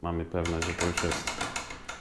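Someone talks while handling the swinging door of a child safety stair gate, working its lower latch toward the frame, with a few short knocks near the end of the clip. Nothing has seated or clicked yet; the latch is not home.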